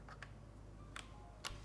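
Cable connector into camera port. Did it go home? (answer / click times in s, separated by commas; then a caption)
yes / 1.5 s. A cable connector is pushed into a port on a Sony FS5 camera with its arrow facing outward. Faint ticks at about 0.2 and 1.0 seconds lead to a sharper soft click at 1.5 seconds, and the connector is seated and connected.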